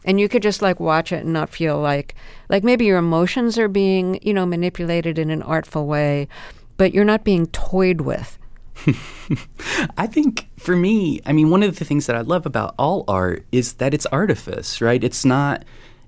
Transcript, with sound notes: And you could just, like, watch it and not feel like - like, maybe your emotions are being, you know, manipulated in an artful way, but you're not being toyed with.
(Laughter) I think, for me - I mean, one of the things that I love about all art is that it's artifice, right?